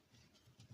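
A part, likely the pellet loader or magazine (possibly the target holder), is handled and fitted into a Umarex SPA Expert air rifle during setup for a 10 m pellet test. Soft handling rustles and low bumps build toward 0.6 s and 0.7 s. Nothing has seated or clicked yet.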